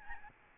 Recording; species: mosquito wingbeat signal from an infrared sensor; Aedes albopictus